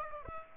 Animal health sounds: mosquito wingbeat signal from an infrared sensor; Aedes aegypti

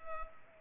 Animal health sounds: mosquito wingbeat signal from an infrared sensor; Culex pipiens

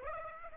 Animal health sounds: mosquito wingbeat signal from an infrared sensor; Aedes aegypti

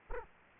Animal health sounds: mosquito wingbeat signal from an infrared sensor; Culex quinquefasciatus

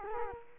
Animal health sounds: mosquito wingbeat signal from an infrared sensor; Culex quinquefasciatus

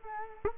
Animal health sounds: mosquito wingbeat signal from an infrared sensor; Culex quinquefasciatus

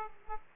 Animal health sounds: mosquito wingbeat signal from an infrared sensor; Aedes aegypti

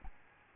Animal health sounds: mosquito wingbeat signal from an infrared sensor; Aedes albopictus

